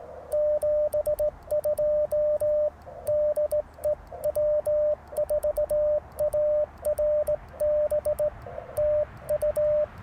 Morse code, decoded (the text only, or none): 72 DE W4ARB TU